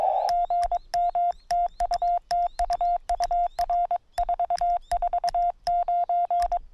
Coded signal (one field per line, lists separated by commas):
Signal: Morse code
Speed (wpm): 21 wpm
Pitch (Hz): 700 Hz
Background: none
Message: GM TU TU UR 449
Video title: 0621'24 QRP 5W / 自立型ロングワイヤー / 編集なし / POTA WWFF Activation in Okawa Hatori Prefectural Nature Park